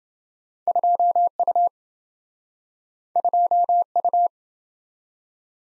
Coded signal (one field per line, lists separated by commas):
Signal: Morse code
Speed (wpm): 27 wpm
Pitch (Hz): 700 Hz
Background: none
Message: 2U 2U